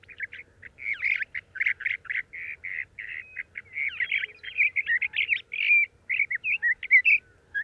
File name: Thrasher Sage 4 songs